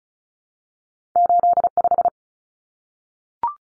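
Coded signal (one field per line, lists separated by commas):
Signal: Morse code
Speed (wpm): 34 wpm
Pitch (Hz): 700 Hz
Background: none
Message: 85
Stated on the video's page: Morse drill of two-digit numbers at 35 wpm.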